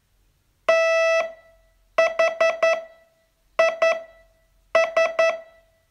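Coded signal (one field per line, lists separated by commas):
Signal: Morse code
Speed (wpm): 11 wpm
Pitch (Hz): 660 Hz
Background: none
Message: THIS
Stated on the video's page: Morse training test, day 39 of a 42-day course.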